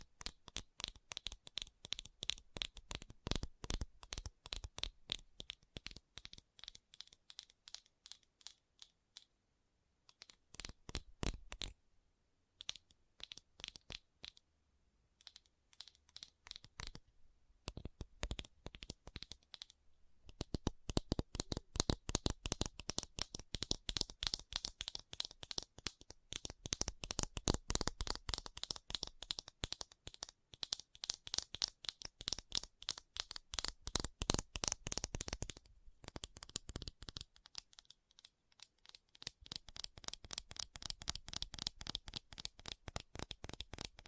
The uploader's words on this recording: ASMR Fast Tapping for Intense Tingles (No Talking).